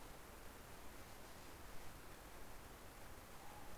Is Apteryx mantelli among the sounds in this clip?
no